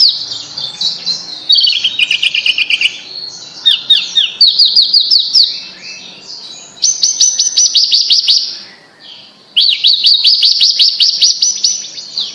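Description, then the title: Bird delivering fast high trilled and chattering phrases, rapid repeated notes in runs of a few seconds, with a short pause about three-quarters of the way through. "Kicau Burung Yoi"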